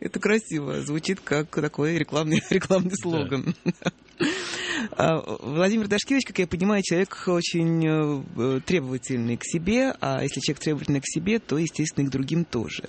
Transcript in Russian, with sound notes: Это красиво, звучит, как такой, рекламный слоган. (смеется) Владимир Дашкевич, как я понимаю, человек очень требовательный к себе, а если человек требовательный к себе, то, естественно, и к другим тоже.